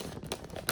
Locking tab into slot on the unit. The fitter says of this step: locking in that tab like so.